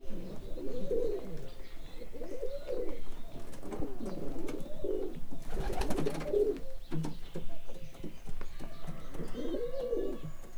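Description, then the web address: Pigeons giving scattered low arched coos amid rustling and a loud clattering noise midway, with faint high chirps in the background. Standard-breed pigeons at a zoo in Miskolc, Hungary, recorded in 2009. "standardt galambok galamb duc"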